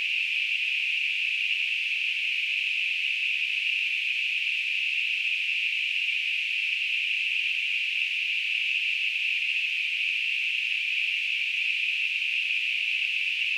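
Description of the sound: Steady, unbroken high-pitched hiss, a narrow band of noise without pauses, simulating the sound of tinnitus.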